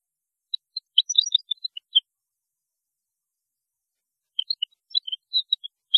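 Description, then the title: European goldfinch song: two sparse clusters of high, thin chirping notes separated by a few seconds of silence. "Chant Chardonneret"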